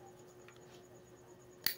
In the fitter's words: Ayan. So, kapag nag-click na, okay na yon.